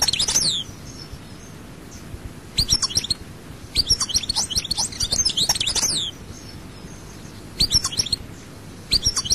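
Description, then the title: European goldfinch song in several brief twittering bursts of high, descending tinkling notes with pauses between them. "Chant Chardonneret"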